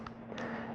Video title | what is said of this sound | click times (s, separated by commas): Motorola Accessory Connection: Troubleshooting | it does click but if i look down in there you'll notice it's not fully seated | 0.1 s